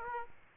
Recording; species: mosquito wingbeat signal from an infrared sensor; Aedes aegypti